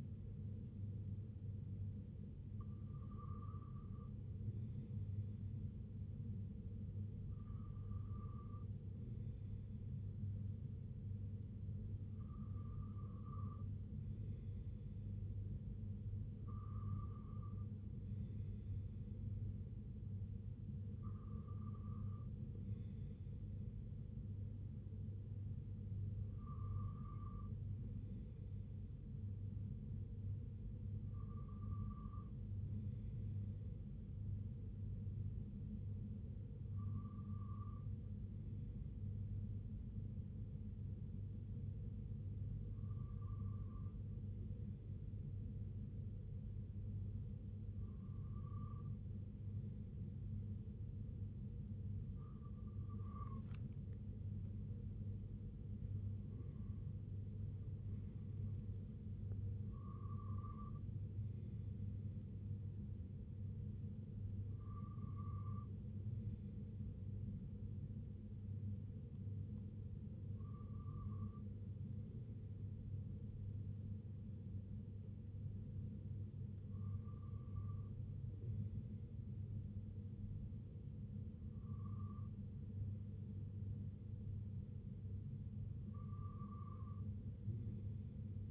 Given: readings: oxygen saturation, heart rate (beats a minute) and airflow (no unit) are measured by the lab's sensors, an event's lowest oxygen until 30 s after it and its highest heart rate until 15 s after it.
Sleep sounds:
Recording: breathing in sleep by a smartphone at the bedside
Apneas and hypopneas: 1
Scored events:
34.00-53.70 s: hypopnea (N2, oxygen 95% highest, then 94% lowest, heart rate 64 at the start, 81 highest)
43.00-73.00 s: new sleep stage, N1 (lightest sleep)
73.00-88.51 s: new sleep stage, N2 (light sleep)
From the record:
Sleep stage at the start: N2 (light sleep)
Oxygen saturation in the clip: 93 to 96%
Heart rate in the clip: 60 to 81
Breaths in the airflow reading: 18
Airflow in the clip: -8.1 to 8.5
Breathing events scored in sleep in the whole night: 258 in 7.4 hours asleep

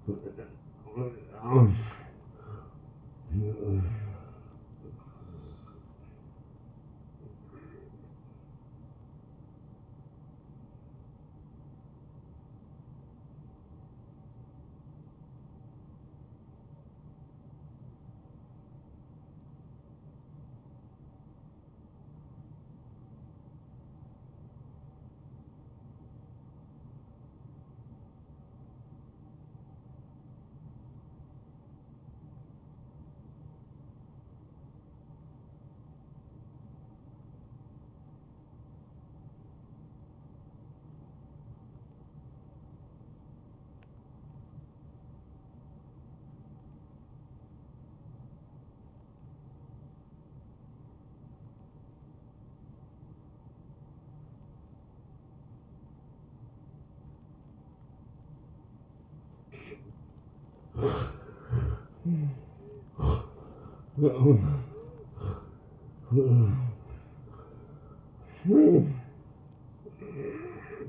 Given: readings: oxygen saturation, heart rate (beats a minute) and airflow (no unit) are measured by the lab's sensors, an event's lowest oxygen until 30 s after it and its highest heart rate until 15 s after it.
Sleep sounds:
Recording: breathing in sleep by a smartphone at the bedside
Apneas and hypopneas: 1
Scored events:
20.00-60.30 s: obstructive apnea (N1, oxygen 95% highest, then 81% lowest)
37.00-67.00 s: new sleep stage, N2 (light sleep)
67.00-70.89 s: new sleep stage, N1 (lightest sleep)
From the record:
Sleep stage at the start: N1 (lightest sleep)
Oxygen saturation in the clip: 81 to 95%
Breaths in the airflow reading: 8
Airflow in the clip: -18.1 to 12.0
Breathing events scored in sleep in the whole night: 263 in 5.5 hours asleep

